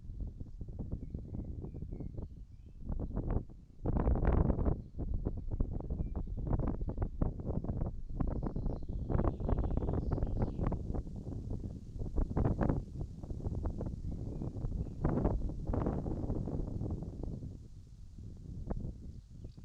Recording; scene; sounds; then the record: everyday scene through a hearing-aid microphone; wind on the microphone; wind, birds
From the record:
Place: in front of a rural house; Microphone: in the ear canal, right